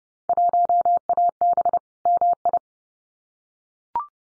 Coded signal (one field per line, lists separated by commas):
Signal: Morse code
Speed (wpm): 30 wpm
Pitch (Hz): 700 Hz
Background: none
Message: 1AB MI